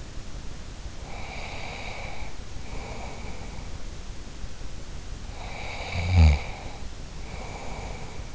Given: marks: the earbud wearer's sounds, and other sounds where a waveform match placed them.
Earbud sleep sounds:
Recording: sounds in sleep by an in-ear microphone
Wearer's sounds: breath, snoring breath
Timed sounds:
0.98-3.92 s: breath
5.28-8.35 s: snoring breath

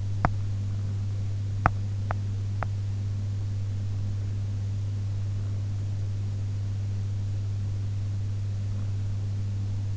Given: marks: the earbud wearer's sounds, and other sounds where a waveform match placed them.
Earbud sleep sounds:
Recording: sounds in sleep by an in-ear microphone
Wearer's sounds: teeth grinding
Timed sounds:
0.00-2.85 s: teeth grinding

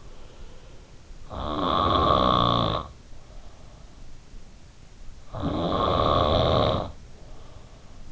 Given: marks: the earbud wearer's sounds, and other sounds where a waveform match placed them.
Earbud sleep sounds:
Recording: sounds in sleep by an in-ear microphone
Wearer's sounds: snoring breath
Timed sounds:
1.26-3.76 s: snoring breath
5.25-8.12 s: snoring breath

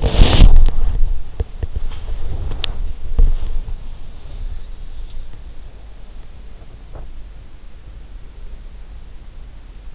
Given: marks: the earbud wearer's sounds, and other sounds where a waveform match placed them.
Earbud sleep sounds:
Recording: sounds in sleep by an in-ear microphone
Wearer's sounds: body movement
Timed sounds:
0.00-3.93 s: body movement

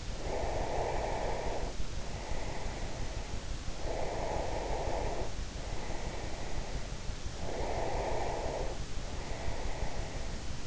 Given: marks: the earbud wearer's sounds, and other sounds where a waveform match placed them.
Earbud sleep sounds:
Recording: sounds in sleep by an in-ear microphone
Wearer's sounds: breath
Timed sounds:
0.00-3.73 s: breath
3.77-7.22 s: breath
7.34-10.67 s: breath

